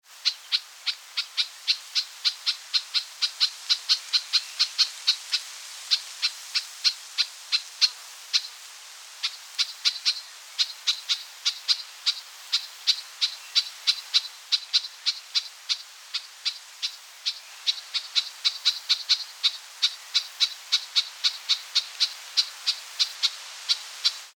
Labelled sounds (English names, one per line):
Garden Warbler